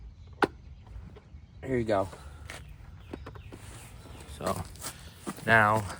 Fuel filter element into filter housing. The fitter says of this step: And you can see in there, this is where it's gonna snap into place.